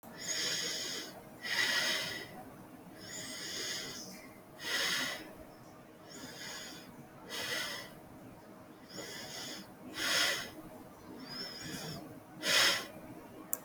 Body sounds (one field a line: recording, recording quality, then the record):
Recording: deep breathing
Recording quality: excellent, no background noise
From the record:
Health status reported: respiratory illness, not identified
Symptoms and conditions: cough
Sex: female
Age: 41 years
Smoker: not ticked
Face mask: worn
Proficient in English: yes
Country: India